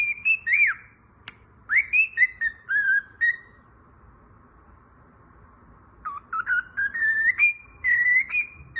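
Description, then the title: Cockatiel whistled song, sliding and wavering tonal notes in two phrases with a quiet gap of about three seconds between them. Several cockatiels singing, whistled song. "Calopsitas Cantando Assobio"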